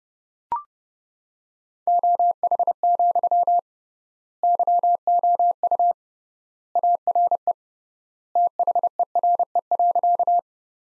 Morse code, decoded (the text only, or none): OH, YOU ARE THERE.